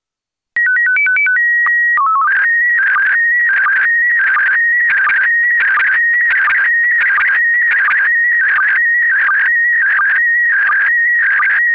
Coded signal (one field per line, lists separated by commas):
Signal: SSTV (slow-scan television)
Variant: PD 90